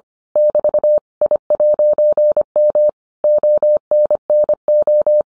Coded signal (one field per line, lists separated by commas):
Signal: Morse code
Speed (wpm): 25 wpm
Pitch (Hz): 600 Hz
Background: none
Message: <BT> I'M ONNO